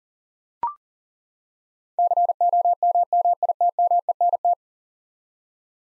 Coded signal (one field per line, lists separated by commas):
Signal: Morse code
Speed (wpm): 40 wpm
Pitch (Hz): 700 Hz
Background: none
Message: COMMITMENT